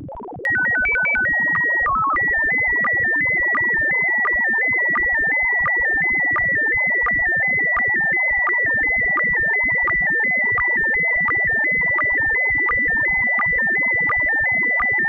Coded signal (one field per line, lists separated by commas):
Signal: SSTV (slow-scan television)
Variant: PD 90